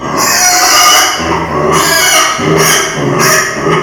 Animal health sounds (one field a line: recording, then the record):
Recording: squeal of a Yucatan mini pig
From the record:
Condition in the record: before surgery on the right vocal fold (resection and tissue-engineered implant)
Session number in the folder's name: 2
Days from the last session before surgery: 0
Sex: male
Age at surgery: 12 weeks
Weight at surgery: 13 kg